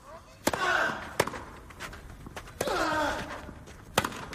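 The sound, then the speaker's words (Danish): The final shot of the Wimbledon men's final between Rafael Nadal and Federer, won by Nadal 9-7 in the fifth set: a tennis rally ends with four crisp, sharp racket thwacks spaced about a second apart, with squeaks and a low crowd murmur between the hits. “Lad os lige prøve at høre kampens sidste slag.”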